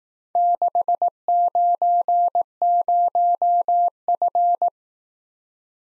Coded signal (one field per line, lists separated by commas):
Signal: Morse code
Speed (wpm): 18 wpm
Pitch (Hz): 700 Hz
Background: none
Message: 690F